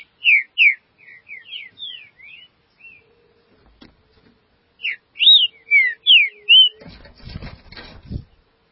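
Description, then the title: Green-winged saltator singing clear whistled notes in two bursts, with a soft hum between them and a rustling, thumping noise at the end. "Trinca Ferro"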